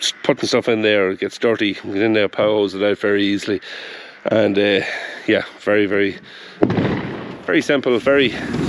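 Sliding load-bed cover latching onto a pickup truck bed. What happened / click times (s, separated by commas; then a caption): Handled, not yet home: no latch click heard / none. Someone talks while handling the sliding cover over a pickup truck's load bed, which has a plastic liner, before it is slid shut and latched. The cover has not seated or clicked into place yet.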